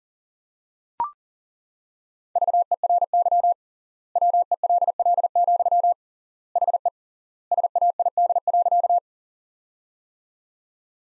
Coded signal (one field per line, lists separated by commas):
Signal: Morse code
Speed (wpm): 40 wpm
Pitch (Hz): 700 Hz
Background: none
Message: VERY WELL, HE SAID.